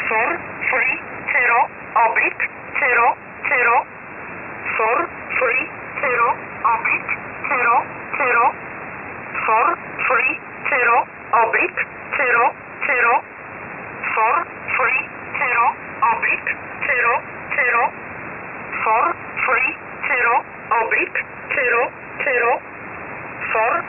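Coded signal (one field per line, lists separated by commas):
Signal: numbers station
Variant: E11 Oblique, English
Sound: female-like synthetic voice reading single words, mostly "zero", evenly spaced, over static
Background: radio static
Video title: 23 12 2021 Number station E11 Oblique in English to Eu 0820 on 5149 unknown tx site in USB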